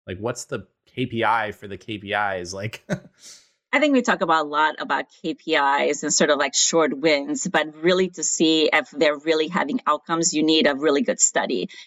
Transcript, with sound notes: What’s the KPI for the KPIs, like? [laugh]
I think we talk a lot about KPIs and, sort of like, short wins, but really to see if they’re really having outcomes, you need a really good study.